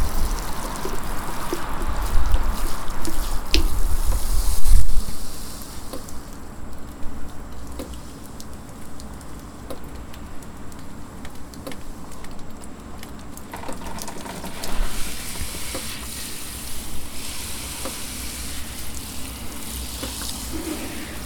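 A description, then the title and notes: Water noise with a steady, fizzing hiss throughout. The first five seconds are louder, with a low rumble and a few sharp knocks, before the sound drops to a quieter, even wash dotted with small ticks, swelling briefly again around fifteen seconds. Soundscape - Water Noise.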